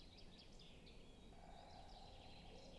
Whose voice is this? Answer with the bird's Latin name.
Dendrocopos major